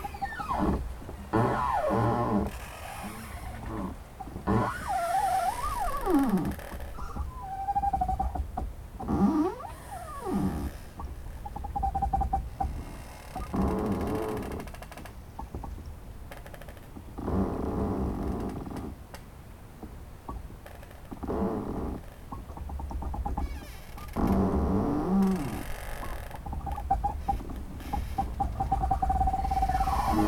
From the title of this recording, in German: Knarrende Bäume im Wind